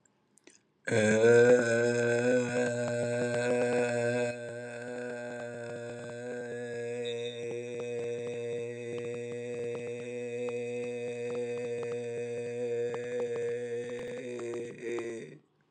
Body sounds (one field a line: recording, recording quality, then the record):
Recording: sustained vowel as in made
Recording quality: excellent, no background noise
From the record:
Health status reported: healthy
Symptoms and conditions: none ticked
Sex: male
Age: 43 years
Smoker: not ticked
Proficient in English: yes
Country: India